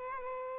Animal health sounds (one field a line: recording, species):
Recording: mosquito wingbeat signal from an infrared sensor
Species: Aedes aegypti